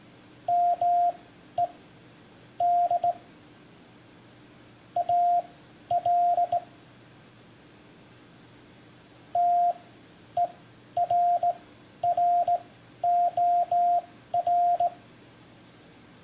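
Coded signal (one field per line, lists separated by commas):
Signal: Morse code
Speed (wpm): 18 wpm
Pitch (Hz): 700 Hz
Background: radio noise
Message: MEDAL TERROR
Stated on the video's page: One minute of selected text sent in Morse as a listening practice drill.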